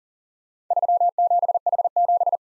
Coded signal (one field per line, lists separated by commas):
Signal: Morse code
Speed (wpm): 42 wpm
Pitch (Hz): 700 Hz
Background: none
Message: 37H7